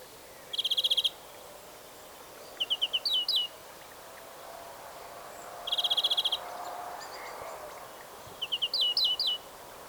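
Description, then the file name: European greenfinch calling in bursts, a quick dry trill followed by a short series of rising chirps, the pattern repeated twice over about ten seconds. "Chloris chloris"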